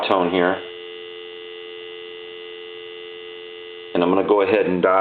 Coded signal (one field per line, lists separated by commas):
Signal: telephone call progress tone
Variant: North America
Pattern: dial tone